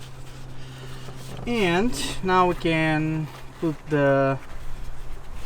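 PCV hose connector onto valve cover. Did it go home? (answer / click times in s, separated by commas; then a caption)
no / none. A plastic PCV hose connector is being handled to go back onto the valve cover of a 2007-2013 BMW 328i E90 SULEV during a valve cover gasket replacement. Someone talks over a low steady hum, with faint handling noise. Nothing has seated or clicked yet.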